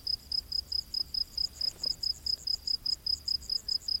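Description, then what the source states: Cricket chirping, short high-pitched pulses repeated steadily in quick succession, with a faint low hum underneath. Crickets calling in a humid rainforest at night.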